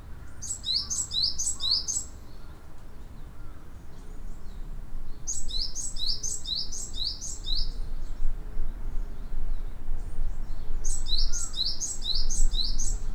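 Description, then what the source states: Bird singing short bursts of five or six rapid, high, sharp notes, repeated roughly every five seconds, with faint softer calls between and steady low background rumble. Recorded 28 April 2008.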